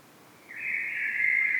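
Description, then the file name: Common blackbird giving one short, fluty warbled note phrase after a moment of near silence. "Turdus merula"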